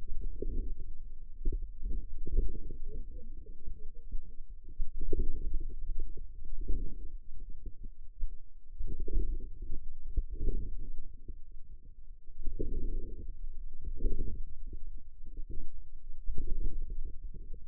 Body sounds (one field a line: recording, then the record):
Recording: forearm muscle sounds (acoustic myography)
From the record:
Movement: outward rotation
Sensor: system 2, bracelet of six BSWA MPA416 microphones around the upper forearm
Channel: 5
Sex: female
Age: 21 years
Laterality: right